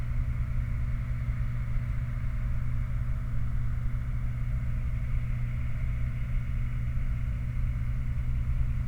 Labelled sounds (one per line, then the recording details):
machinery
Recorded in the Prudhoe Bay oil fields, Alaska, on 29 July 2019 at 04:04
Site 29